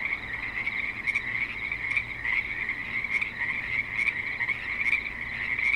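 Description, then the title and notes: Dense frog chorus, high buzzy trills layered without a break, steady in loudness throughout. Frogs calling at a creek in suburban Spanish Springs, Nevada. "Frogs in Spanish Springs, NV - creek view. Frogs with light traffic and other suburban sounds"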